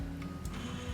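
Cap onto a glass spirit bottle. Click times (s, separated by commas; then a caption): 0.2 s, 0.5 s. A bottle cap is lined up by its notch and pressed onto a glass vodka bottle over a steady low machine hum. Two short sharp clicks sound at 0.2 s and 0.5 s as the cap clicks home, and the cap is confirmed seated.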